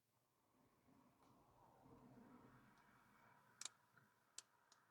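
A car reversing camera's angle is adjusted on its mounting bracket, whose plastic teeth ratchet as it moves. Sharp clicks are heard at 3.7 s and 4.4 s as the teeth lock the camera into position, with a few softer ticks after.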